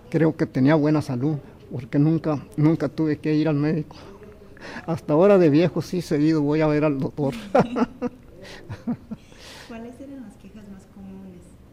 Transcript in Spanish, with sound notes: creo que tenía buena salud porque nunca tuve que ir al médico. Hasta ahora de viejo, sí, seguido voy a ver al doctor. (risas)
¿Cuáles eran las quejas más comunes?